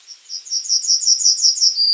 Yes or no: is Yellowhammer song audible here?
yes